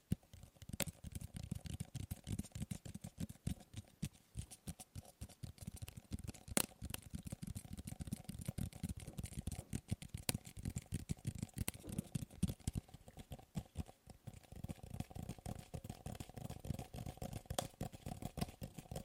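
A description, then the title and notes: Tapping on objects in a dense, continuous stream of quick clicks and knocks, mostly fast with a few sharper louder taps standing out. The taps have a full low body with bright clicky edges, and the pace stays busy throughout. ASMR Fast & Slow Tapping on 6 Objects No Talking.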